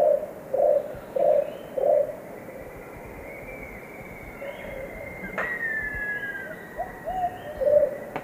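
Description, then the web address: Orange-fronted barbet: low hollow hoots, four in quick succession, then after a pause a few fainter hoots and a louder one near the end, over a thin high drone and a sharp click. Two birds singing; South American eastern lowlands. "Natures Songs S America Eastern Lowlands. Capito aurovirens, songs 2 birds"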